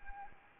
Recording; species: mosquito wingbeat signal from an infrared sensor; Anopheles arabiensis